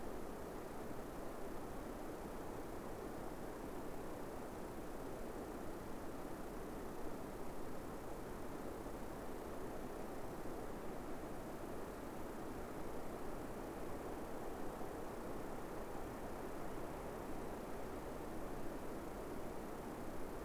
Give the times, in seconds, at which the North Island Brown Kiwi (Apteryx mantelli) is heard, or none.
none